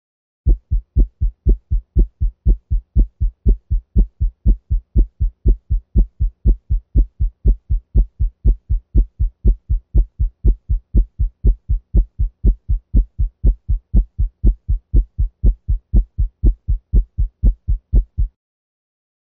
Listening in this area, but now with splitting of S1. 120 beats per minute.